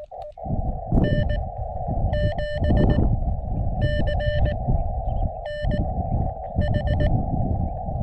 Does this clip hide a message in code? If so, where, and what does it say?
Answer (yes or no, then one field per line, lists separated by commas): yes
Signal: Morse code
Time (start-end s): 1.0-7.1 s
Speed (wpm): 18 wpm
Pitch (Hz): 1800 Hz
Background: none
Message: N7CNH